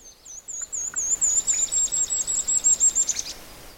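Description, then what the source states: Golden-crowned Kinglet song: a very high, thin series of rapidly repeated notes, ending in a short flourish; faint other bird notes lower down. Song: a very high dee dee dee series followed by a little chickadee-like ending; coniferous woods of white spruce, balsam and jack pine with mossy understory.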